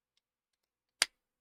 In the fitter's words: Satisfying snap.